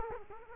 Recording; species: mosquito wingbeat signal from an infrared sensor; Culex quinquefasciatus